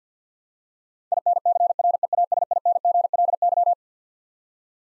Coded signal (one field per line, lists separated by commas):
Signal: Morse code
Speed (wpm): 46 wpm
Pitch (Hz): 700 Hz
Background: none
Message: INCREASINGLY